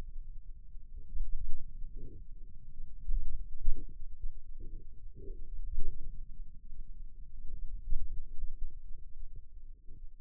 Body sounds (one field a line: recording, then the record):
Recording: forearm muscle sounds (acoustic myography)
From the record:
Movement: pen grasping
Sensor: system 2, bracelet of six BSWA MPA416 microphones around the upper forearm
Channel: 6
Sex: male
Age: 22 years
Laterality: right